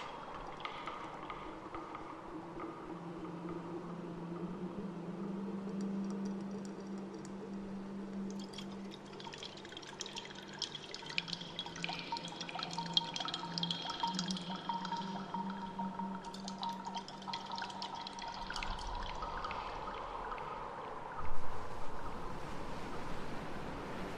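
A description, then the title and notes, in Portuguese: Underwater water sounds with a low, sustained hum that swells and fades, like a drawn-out song, plus a higher wavering tone above it. From about eight to twenty seconds, bright crackling and dripping patter over it, and a brief thump lands near twenty-one seconds. No fundo do mar com o canto da sereia, sons de água e eco.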